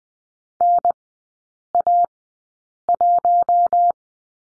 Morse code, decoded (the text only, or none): NA1